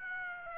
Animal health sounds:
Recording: mosquito wingbeat signal from an infrared sensor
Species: Aedes aegypti

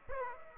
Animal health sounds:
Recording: mosquito wingbeat signal from an infrared sensor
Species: Aedes aegypti

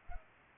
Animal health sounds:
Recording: mosquito wingbeat signal from an infrared sensor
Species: Culex pipiens

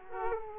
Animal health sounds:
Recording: mosquito wingbeat signal from an infrared sensor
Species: Culex quinquefasciatus

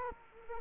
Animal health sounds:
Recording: mosquito wingbeat signal from an infrared sensor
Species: Culex quinquefasciatus

